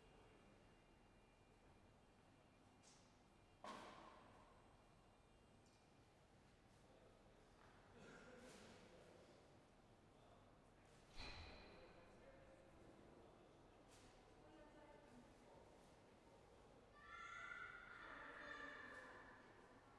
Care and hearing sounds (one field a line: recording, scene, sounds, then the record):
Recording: everyday scene through a hearing-aid microphone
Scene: reverberant space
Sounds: background noise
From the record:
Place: railway station hall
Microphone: behind the ear, left, rear